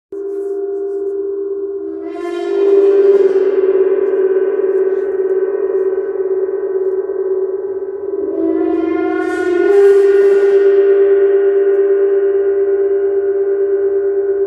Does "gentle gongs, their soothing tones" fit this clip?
yes